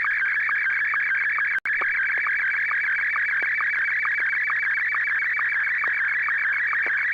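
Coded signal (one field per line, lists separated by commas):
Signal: SSTV (slow-scan television)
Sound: warbling, chirping tone with a regular short low click about twice a second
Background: low hum, brief dropout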